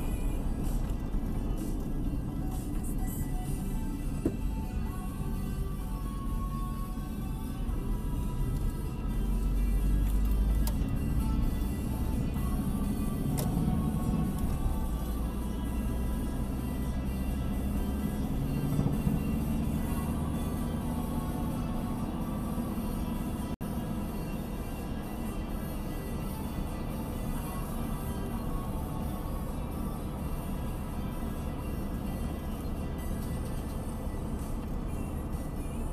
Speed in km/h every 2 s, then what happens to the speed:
41, 28, 24, 22, 26, 34, 41, 47, 53, 59, 61, 60, 59, 57, 57, 56, 56, 56.
0-6 slows to 22. 6-19 speeds up to 61. 19-36 steady at about 57.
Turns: none.